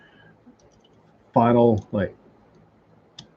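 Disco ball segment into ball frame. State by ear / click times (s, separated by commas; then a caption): seated / 3.2 s. A disco ball segment is pressed into the ball frame and snaps home with one sharp click at 3.2 s, seating it in place. Someone talks briefly before the click, with quiet faint ticks earlier in the clip.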